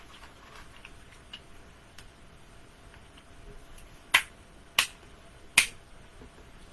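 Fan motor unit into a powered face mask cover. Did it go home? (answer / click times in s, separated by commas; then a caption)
yes / 4.1 s, 4.8 s, 5.6 s. A small fan motor unit is fitted back into the new plastic cover of a Philips Fresh Air powered face mask, where a magnet holds it on the inside. Over a quiet background with faint handling ticks, three sharp snaps are heard at 4.2, 4.8 and 5.6 seconds. The motor seats into the cover.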